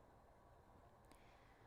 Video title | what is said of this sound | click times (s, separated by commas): TVON Live Fine Jewelry Shopping with Lauren Blair | White gold only here. And you heard the click. And there we go. | 1.1 s